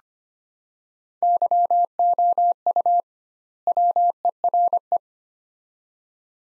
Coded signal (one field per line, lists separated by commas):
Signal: Morse code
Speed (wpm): 25 wpm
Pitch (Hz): 700 Hz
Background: none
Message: YOU WERE